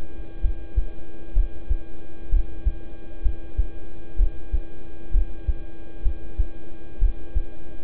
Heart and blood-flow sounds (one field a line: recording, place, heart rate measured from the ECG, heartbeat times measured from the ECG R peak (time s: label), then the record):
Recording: heart sounds by stethoscope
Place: between the tricuspid and mitral areas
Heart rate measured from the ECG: 64 bpm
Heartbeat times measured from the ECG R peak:
0.41 s: heartbeat
1.33 s: heartbeat
2.29 s: heartbeat
3.22 s: heartbeat
4.16 s: heartbeat
5.11 s: heartbeat
6.02 s: heartbeat
6.99 s: heartbeat
From the record:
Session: rest, lying down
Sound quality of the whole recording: good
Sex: male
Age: 26 years